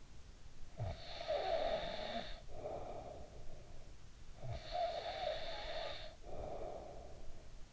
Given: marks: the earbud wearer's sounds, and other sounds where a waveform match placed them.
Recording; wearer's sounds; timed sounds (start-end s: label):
sounds in sleep by an in-ear microphone; snoring breath
0.36-4.02 s: snoring breath
4.19-7.73 s: snoring breath